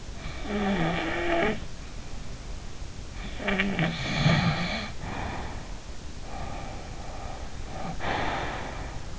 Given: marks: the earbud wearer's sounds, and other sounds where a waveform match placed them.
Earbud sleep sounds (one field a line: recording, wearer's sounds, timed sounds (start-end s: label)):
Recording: sounds in sleep by an in-ear microphone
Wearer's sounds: snoring breath, breath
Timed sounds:
0.29-2.62 s: snoring breath
3.23-5.78 s: snoring breath
6.27-9.19 s: breath